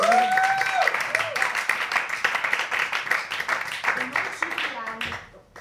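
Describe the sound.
Sustained audience applause, a dense wash of many hands clapping at a steady loud level for several seconds, with voices cheering and calling out over it before it fades at the end.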